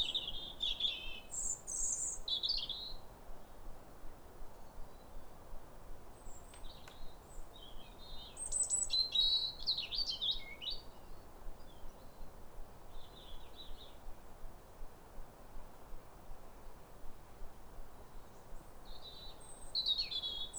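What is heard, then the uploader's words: Robins sing thin, wistful phrases in short bursts, some high and bright, with pauses between them, the strongest around the start, the middle, and the end. The song sounds over a steady low rumble of background noise. A chorus of New Year's robins. After weeks of rain, it's a clear, calm rosy sunrise. A pair of robins in neighbouring gardens welcome the early sun with wistful phrases as if chatting over the fence. It's a duet to warm the soul in the depths of winter.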